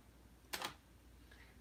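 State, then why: Not seated. A plastic ink cartridge is pressed into the cartridge bay of an Epson P600 printer, giving two quick plastic clacks at about 0.5 and 0.6 s, then a faint short tone near 1.3 s. The cartridge does not snap in because a band was not removed from it first, so nothing has seated or clicked yet.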